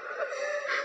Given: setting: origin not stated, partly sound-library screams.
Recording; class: one-second piece from a danger detection set; woman in danger